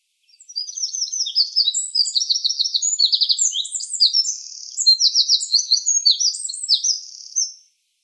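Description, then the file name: Eurasian wren song: a long, rapid, very high outpouring of trills and sharp notes lasting about seven seconds, with no other sounds. "Troglodytes troglodytes"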